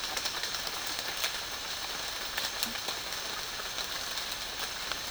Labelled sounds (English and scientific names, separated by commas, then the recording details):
none
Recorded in dense forest near Puerto Asís, Putumayo, Colombia, on 12 March 2025 at 08:00
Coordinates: 0.484, -76.325
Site G045